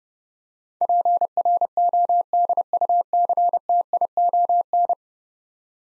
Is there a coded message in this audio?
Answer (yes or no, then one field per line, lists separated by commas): yes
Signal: Morse code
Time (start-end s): 0.8-4.9 s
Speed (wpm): 30 wpm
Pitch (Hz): 700 Hz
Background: none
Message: PRODUCTION